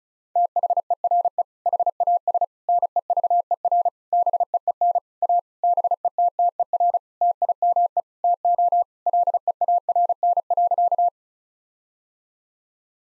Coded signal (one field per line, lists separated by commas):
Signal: Morse code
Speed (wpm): 34 wpm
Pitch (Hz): 700 Hz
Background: none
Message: THERE HAS NEVER BEEN A BETTER TIME TO LEARN.